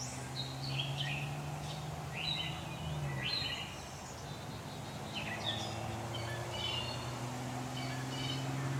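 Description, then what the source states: Blue jay begging calls, many rapid harsh buzzy notes, with a steady low hum throughout. Fledglings.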